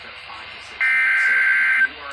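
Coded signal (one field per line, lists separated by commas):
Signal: Emergency Alert System (SAME) tones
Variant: header bursts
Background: speech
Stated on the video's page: Real EAS alerts received on a Midland WR-120EZ and another emergency radio from NOAA weather radio 162.55 MHz and an FM broadcast station, Pennsylvania.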